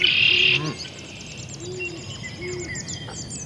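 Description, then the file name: Birds calling: a loud burst of high chirping at the start, a few soft low hooting notes, and a rapid high trill running in the background. Countryside ambience in the evening. "felix blume ambience countryside evening birds"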